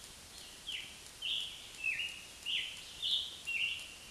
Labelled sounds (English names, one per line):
Scarlet Tanager song